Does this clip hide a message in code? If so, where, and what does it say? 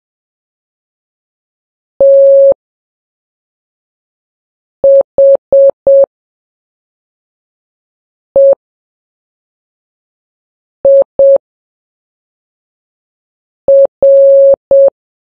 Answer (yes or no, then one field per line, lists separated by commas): yes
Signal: Morse code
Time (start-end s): 2.0-14.9 s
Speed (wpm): 7 wpm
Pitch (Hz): 550 Hz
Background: none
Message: THEIR